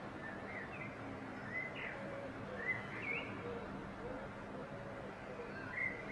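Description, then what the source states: Common blackbird singing faintly, short whistled phrases with quick rising and falling sweeps, spaced by pauses, over steady background noise. Perched bird singing.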